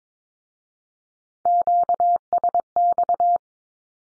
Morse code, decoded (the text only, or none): QSX